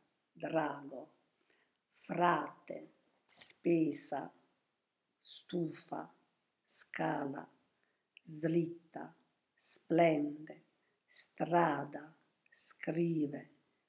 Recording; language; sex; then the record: read list of words; Italian; female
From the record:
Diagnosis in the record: healthy control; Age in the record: 72 years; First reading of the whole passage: 67 s, 7.5 characters per second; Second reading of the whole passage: 67 s, 7.5 characters per second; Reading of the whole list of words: 68 s, 4.2 characters per second